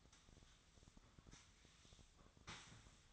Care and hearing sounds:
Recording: daily activity, microphone in the room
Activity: sweep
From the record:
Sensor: 3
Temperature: 24.4 degrees Celsius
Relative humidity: 34.2%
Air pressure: 1004.7 hPa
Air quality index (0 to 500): 87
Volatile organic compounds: 3 ppm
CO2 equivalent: 1326 ppm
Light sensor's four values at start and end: 7/17/7/6 and 7/17/7/6

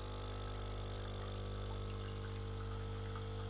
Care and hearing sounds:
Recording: daily activity, microphone in the room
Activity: make coffee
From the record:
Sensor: 4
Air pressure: 992.5 hPa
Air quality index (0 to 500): 142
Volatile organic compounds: 76 ppm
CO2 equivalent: 3573 ppm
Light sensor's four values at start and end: 17/60/22/23 and 17/61/22/23

